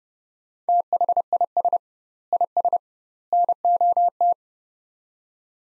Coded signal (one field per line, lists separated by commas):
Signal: Morse code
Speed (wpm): 30 wpm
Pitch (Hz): 700 Hz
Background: none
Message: THIS IS NOT